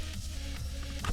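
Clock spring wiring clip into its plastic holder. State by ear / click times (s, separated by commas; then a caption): not seated / none. The clock spring wiring clip on a 2012 Hyundai Veloster is handled and wrapped around toward its plastic holder during a clock spring replacement, while music plays in the background. A brief sharp sound comes near the end at about 1.1 s. Nothing has seated or clicked yet; the clip ends just before the part goes home.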